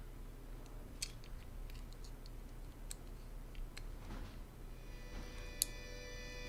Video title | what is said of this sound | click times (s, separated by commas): Hanging out paint and constructing model stuff | oh i heard that click | 5.6 s